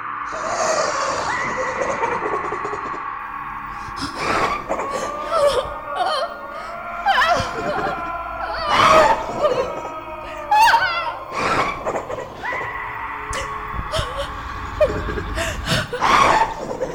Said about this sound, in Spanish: Los gritos y carcajadas provenían de todos los lados y retumbaban cruelmente en aquellas mastodónticas paredes.